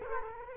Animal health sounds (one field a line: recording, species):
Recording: mosquito wingbeat signal from an infrared sensor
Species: Culex quinquefasciatus